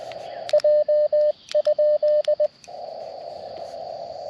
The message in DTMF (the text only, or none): none